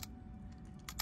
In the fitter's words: going to click, heard that click, and then you twist until it's tight.